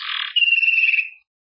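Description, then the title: Belgian canary song phrase: a dense buzzy trill that shifts into a smooth, fast, high rolling trill, ending after about a second. "Canario Belga"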